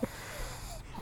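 About one second of a dog's rough, noisy breathing, mostly low-pitched snorting with a faint whistling edge. It sounds like wheezing or snorting respiration, a sign of narrowed or obstructed airways. Outdoor background noise is present.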